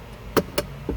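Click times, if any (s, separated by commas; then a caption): 0.4 s, 0.6 s. After a new cabin filter is installed in a 2014 Honda Pilot, the plastic glovebox is lifted back up and pushed until its side stops click into the dashboard opening. Two sharp clicks sound at 0.4 s and 0.6 s, one for each side, followed by a fainter knock at 0.9 s. The glovebox is seated in place.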